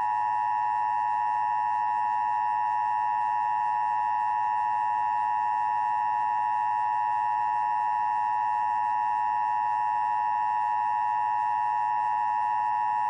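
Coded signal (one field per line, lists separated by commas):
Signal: Emergency Alert System (SAME) tones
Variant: 853 and 960 Hz attention tone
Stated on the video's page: Emergency Broadcast System test aired among TV commercials.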